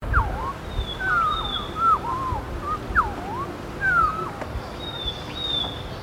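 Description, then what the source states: Leaden flycatcher calls, a run of slurred whistled notes that dip and rise, with a thin, higher drawn-out whistle near the start and end, over soft background hiss. In Papua New Guinea.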